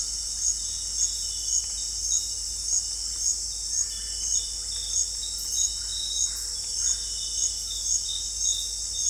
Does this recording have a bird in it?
no